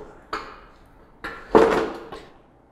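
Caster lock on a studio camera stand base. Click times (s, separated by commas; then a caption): 0.3 s. A caster lock on the base of a 300-pound metal Foba studio camera stand is engaged to fix the stand in place, giving a metallic clunk at 0.3 s. Further knocks follow at about 1.3 s and 1.6 s, the latter the loudest, with a fainter one near 2.1 s. The caster lock is engaged and the stand is locked and fixed.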